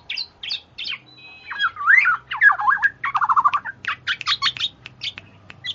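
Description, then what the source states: Black-naped oriole chattering song: quick whistled slurs and squeaky notes, then a run of fluty, warbling phrases and sharp high chips. Female bird; chattering song (ocehan), used for luring.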